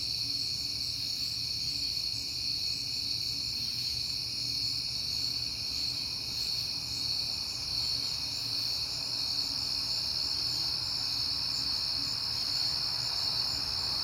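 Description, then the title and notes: Crickets chirping continuously in a high, buzzy chorus with a gentle low background hum. Crickets at night in September, on a peaceful night. "Night Time: Crickets and Passing Cars. It is September and I have been hearing the crickets a lot, but finally had a peaceful night to make the recording"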